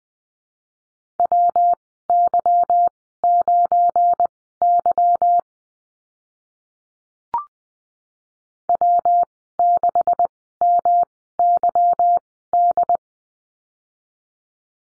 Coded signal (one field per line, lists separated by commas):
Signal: Morse code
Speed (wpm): 20 wpm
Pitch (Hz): 700 Hz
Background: none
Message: WY9Y W6MYD